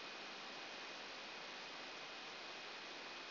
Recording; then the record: brain microelectrode recording played as sound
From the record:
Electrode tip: outside the subthalamic nucleus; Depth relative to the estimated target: -1 mm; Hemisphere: left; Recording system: AlphaMap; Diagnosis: Parkinson's disease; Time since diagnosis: 11 years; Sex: female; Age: 60 years